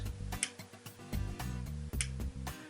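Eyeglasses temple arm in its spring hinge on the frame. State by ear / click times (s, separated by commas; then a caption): seated / 0.4 s, 2.0 s. An eyeglasses temple arm on a pricier frame with spring-loaded hinges is opened, and each arm snaps into its open position and stays open. Sharp, bright clicks are heard at about 0.4 s and 2.0 s over background music. The hinges seat in place.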